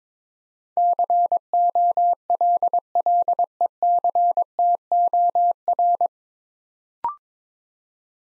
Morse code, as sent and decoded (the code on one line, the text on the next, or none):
-.-. --- .-.. .-.. . -.-. - --- .-.
COLLECTOR